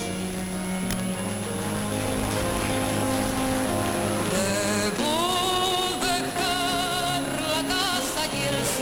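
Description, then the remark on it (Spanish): Steady crowd applause at an awards ceremony as a team comes up to receive the Best Weekly Journalism Programme award (Mejor Programa Periodístico Semanal): a dense crackling wash that never lets up, while loud music with sustained tones and a rising melody plays over it. No one speaks. “Un aplauso para ellos.”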